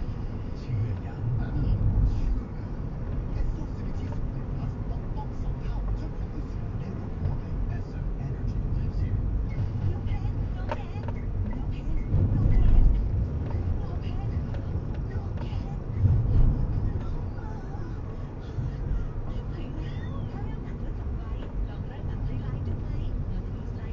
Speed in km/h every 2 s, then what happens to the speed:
39, 40, 40, 40, 40, 39, 34, 31, 31, 35, 37, 38.
0-9 steady at about 40. 9-14 slows to 31. 14-24 speeds up to 38.